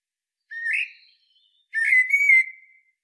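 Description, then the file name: Common blackbird with a short fluted note, then a longer, smoothly warbled phrase that rises slightly and trails off, in a quiet setting. "Turdus merula"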